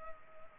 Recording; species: mosquito wingbeat signal from an infrared sensor; Culex pipiens